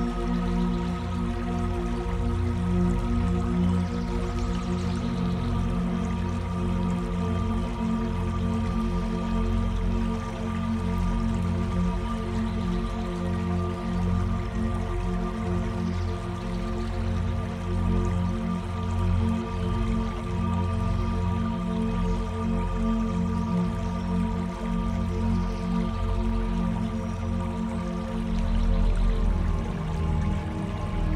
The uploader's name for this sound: Soft Waterflow